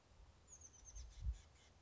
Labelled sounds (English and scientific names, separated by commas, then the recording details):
Oak Titmouse (Baeolophus inornatus)
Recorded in Sonoma County, California